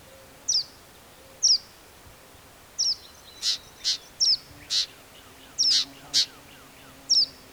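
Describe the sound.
Black-capped vireo song of high, hooked slurred whistles interleaved with sharp chipping notes, repeated at irregular intervals.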